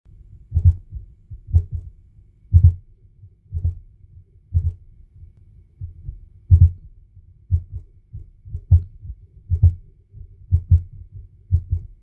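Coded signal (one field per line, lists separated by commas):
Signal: radio time signal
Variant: DCF77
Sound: dull low thumps, one each second, about 12 in all, with a low hum between them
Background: low hum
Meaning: Each one-second pulse is short or long, giving binary zeros and ones that encode the time and date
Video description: impulzy pro rádiově řízené hodiny jsou pomalé - mají nízkou frekvenci. Interval je s atomovou přesností 1 sekunda (tj. vzdálenost náběžných hran impulzů). K tomu některý impulz přijde delší (200ms), jiný kratší (100ms). Tím se od sebe liší digitální jedničky a nuly se zakódovanou informací o hodinách včetně datumu.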